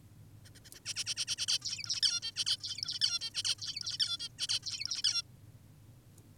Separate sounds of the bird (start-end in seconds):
0.45-0.50, 0.55-0.60, 0.65-0.70, 0.74-0.80, 0.86-0.94, 0.96-1.04, 1.06-1.15, 1.17-1.26, 1.28-1.36, 1.38-1.46, 1.48-1.59, 1.62-2.01, 2.03-2.20, 2.22-2.32, 2.36-2.45, 2.46-2.57, 2.60-2.99, 3.02-3.19, 3.21-3.30, 3.34-3.43, 3.44-3.55, 3.59-3.98, 4.00-4.18, 4.20-4.28, 4.39-4.47, 4.49-4.60, 4.63-5.02, 5.04-5.22